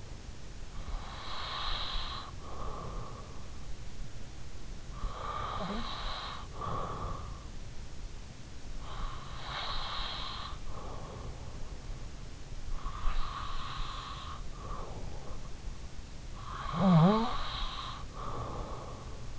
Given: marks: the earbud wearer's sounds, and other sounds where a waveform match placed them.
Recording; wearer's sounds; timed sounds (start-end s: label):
sounds in sleep by an in-ear microphone; breath, snoring breath
0.84-15.81 s: breath
15.81-19.36 s: snoring breath